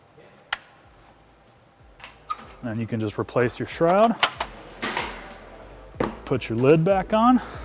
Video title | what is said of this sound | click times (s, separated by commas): Troubleshooting PowerEdge Servers - Reseating RAM & CPU | secure it in place until you hear those clips click | 0.5 s